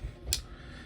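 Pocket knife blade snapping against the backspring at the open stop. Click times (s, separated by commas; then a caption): 0.3 s. The blade of a traditional slipjoint pocket knife, a C. Risner Cutlery Lake Champlain Barlow, is opened so it snaps into the full open position against the backspring. A single sharp, bright click lands at 0.3 s over a low, steady background rumble. The blade seats with a loud, authoritative click.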